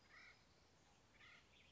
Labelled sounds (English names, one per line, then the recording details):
Acorn Woodpecker
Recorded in Sonoma County, California